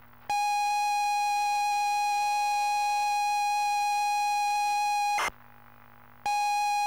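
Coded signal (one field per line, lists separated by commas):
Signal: ZX Spectrum tape loading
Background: speech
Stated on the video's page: ZX Spectrum +2 cassette tape loading on a real machine, not an emulator.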